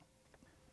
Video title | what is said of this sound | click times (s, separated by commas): 1. How to Use the Canon EOS 700D - Setup | so if we get the white dots lined up and then you should be able to twist that smoothly until it clicks into place | 0.3 s